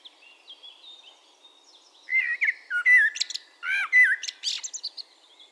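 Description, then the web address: Eurasian blackbird song with faint high notes at first, then two loud fluty warbled motifs each closing in sharp high squeaks. "SETE data Turdus merula"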